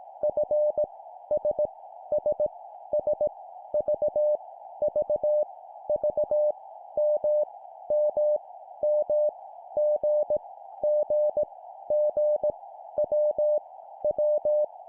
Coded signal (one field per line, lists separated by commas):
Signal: Morse code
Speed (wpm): 18 wpm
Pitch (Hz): 600 Hz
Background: none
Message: F S S S V V V M M M G G G W W